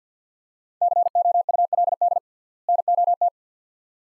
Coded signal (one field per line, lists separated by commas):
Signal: Morse code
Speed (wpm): 50 wpm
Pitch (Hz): 700 Hz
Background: none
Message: COULD NOT